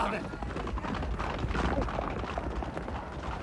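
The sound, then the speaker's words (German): Racehorses gallop around a track, coming into the bend, their hooves making a rapid, steady drumming that blends into a dense, constant roar, with voices mixed in throughout. “Da kommen sie schon in die Kurve.”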